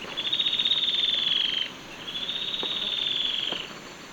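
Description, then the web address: Yellow-breasted antwren trills: two high, fast pulsed trills, each about one and a half seconds long, the second slightly softer, over a faint steady hiss. Recorded in Ecuador. "Birds of Ecuador 2. Yellow-Breasted Antwren"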